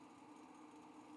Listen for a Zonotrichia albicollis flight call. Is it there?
no